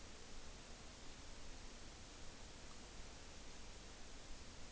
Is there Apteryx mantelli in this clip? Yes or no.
no